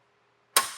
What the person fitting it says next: And then once it clicks into place, we've got it up and in our stowed position.